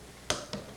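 A click-type torque wrench tightens another bolt on a 356 engine to 15 ft-lb, and the wrench gives a sharp, strong click at 0.3 s, followed by a softer second tick at about 0.5 s. The bolt reaches its 15 ft-lb setting, confirmed by the click.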